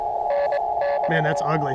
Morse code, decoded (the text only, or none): NX